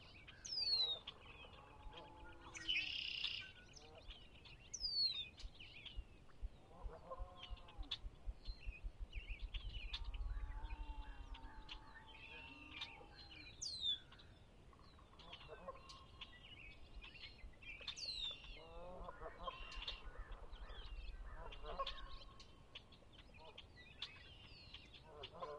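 Dawn chorus at a lake on a chilly spring morning: many birds chirp and whistle constantly over a low rumbling background.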